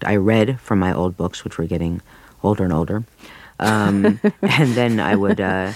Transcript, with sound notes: I read from my old books, which were getting older and older. (laughs) And then I would, you